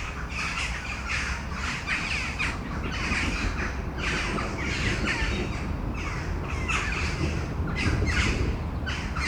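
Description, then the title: Crows giving harsh overlapping caws in a near-continuous chorus, several birds calling together, over a low background rumble. Crows calling before a storm at Domaine de Tivoli, Mechelen, Belgium; recorded with Sony PCM-M10 internal microphones. "Domaine de Tivoli, Malines, Belgique, Belgium - Corneilles avant lorage - Crows before the storm"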